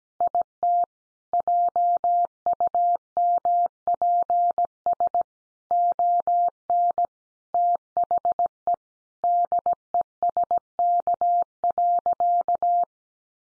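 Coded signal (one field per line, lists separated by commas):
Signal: Morse code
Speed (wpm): 17 wpm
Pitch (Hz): 700 Hz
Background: none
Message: IT JUMPS ON THE DESK.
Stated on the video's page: Morse code head-copy practice of easy phrases at 17 wpm.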